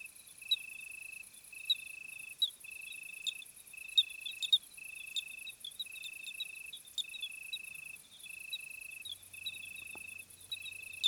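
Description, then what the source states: Cricket chirring in steady repeated bursts roughly once a second, set against a shrill continuous insect chorus, with a faint low hum near the end. Summer night chorus, 26 July 2020 at 21:15, Plateau de Lesches-en-Diois; hot night; recorded with Nagra Seven and B&K omni microphone.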